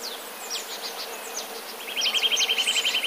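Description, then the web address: Eurasian nuthatch song: a rapid, even trill of identical whistled notes in the second half, preceded by scattered high chirps over a steady hiss. "wroblowe kowalik kowalikispiew"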